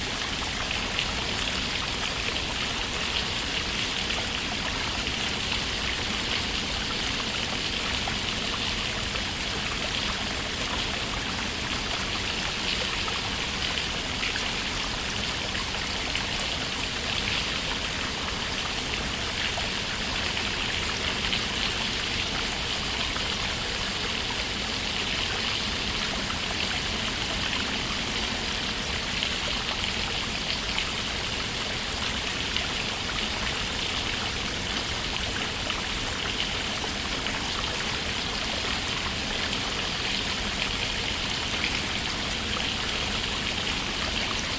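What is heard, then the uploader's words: Water from an outdoor shower pours down in a steady, dense hiss that hardly changes for the whole stretch. The spray sounds bright, with a light patter of drops mixed through a soft, low rumble underneath. Outdoor Shower Water Sounds.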